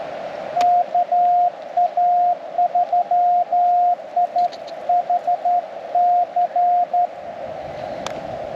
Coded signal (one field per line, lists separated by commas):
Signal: Morse code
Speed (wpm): 13 wpm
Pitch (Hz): 710 Hz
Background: radio noise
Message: KA3IHC